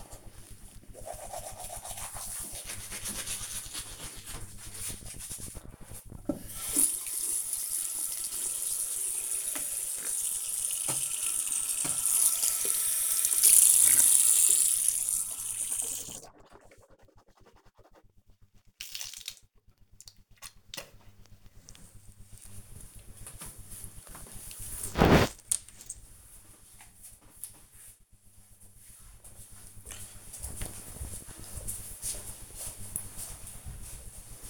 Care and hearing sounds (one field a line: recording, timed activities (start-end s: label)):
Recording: household activities, microphone on the right wrist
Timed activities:
0.00-21.06 s: brushing teeth